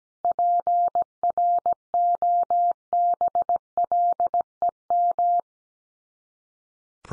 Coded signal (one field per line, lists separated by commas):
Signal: Morse code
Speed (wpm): 17 wpm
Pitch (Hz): 700 Hz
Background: none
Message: PROBLEM